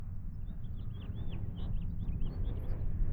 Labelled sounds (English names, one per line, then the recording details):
House Finch song
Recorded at WGilgo Beach on Long Island, New York, on 22 May 1975
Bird A